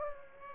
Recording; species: mosquito wingbeat signal from an infrared sensor; Aedes aegypti